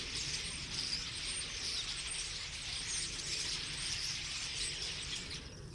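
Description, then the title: Common starlings chattering as a flock, a dense, continuous wash of high squeaky and whistled notes with a steady low rumble of traffic beneath. Flock singing in a tree at Boldixumstieg, Nieblum, Germany; cars in background; Zoom H3-VR ambisonic recorder, binaural stereo rendering, edited in Audacity. "Boldixumstieg, 25938 Nieblum, Deutschland - Ein Vogelschwarm Stare. A flock of birds starlings"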